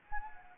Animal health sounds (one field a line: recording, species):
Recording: mosquito wingbeat signal from an infrared sensor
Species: Anopheles arabiensis